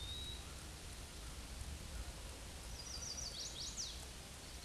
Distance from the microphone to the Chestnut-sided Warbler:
about 55 m